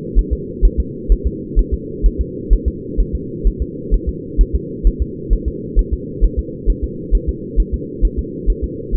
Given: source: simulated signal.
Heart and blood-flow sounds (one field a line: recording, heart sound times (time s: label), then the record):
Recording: fetal heart sounds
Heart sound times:
0.19 s: S1
0.33 s: S2
0.65 s: S1
0.80 s: S2
1.12 s: S1
1.27 s: S2
1.59 s: S1
1.74 s: S2
2.06 s: S1
2.21 s: S2
2.53 s: S1
2.68 s: S2
3.00 s: S1
3.15 s: S2
3.47 s: S1
3.62 s: S2
3.94 s: S1
4.09 s: S2
4.41 s: S1
4.55 s: S2
4.87 s: S1
5.02 s: S2
5.33 s: S1
5.48 s: S2
5.79 s: S1
5.94 s: S2
6.24 s: S1
6.39 s: S2
6.70 s: S1
6.84 s: S2
7.15 s: S1
7.29 s: S2
7.60 s: S1
7.74 s: S2
8.05 s: S1
8.19 s: S2
8.50 s: S1
8.64 s: S2
8.95 s: S1
From the record:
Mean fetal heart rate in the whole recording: 130 bpm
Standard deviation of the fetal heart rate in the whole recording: 2 bpm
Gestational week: 36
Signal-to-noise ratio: -4.1 dB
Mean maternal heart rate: no maternal heart sound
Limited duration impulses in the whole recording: absent